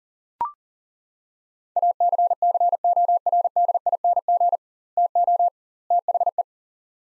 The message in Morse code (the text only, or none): ACCORDING TO THE